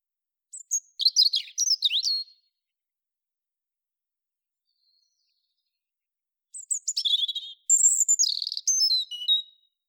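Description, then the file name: European robin song with two long, intricate phrases of high piping, sliding whistles and rapid trills, separated by about four seconds of silence. "Erithacus rubecula"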